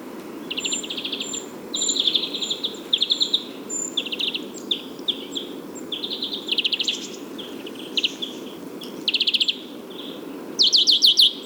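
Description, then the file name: European greenfinch calls: brisk repeated chattering trills and chirps, irregularly spaced, ending in a louder rattling burst, over a steady low background rumble. "Chloris chloris"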